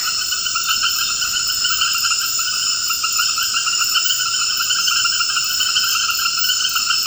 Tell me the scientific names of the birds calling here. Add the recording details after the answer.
none. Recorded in dense forest near Puerto Asís, Putumayo, Colombia, on 18 February 2024 at 21:00. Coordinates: 0.472, -76.329. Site G6394